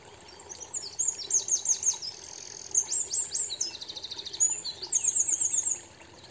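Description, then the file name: Eurasian wren song: a rapid, high-pitched outpouring of sharp notes and fast rattling trills lasting about five seconds, ending in a shrill buzzy trill, over faint steady background hiss. "Troglodytes troglodytes"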